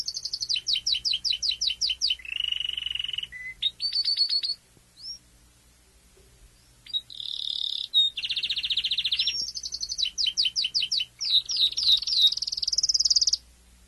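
Domestic canary song of fast repeated chirps and buzzy rolls, a silent gap, then renewed rapid trills.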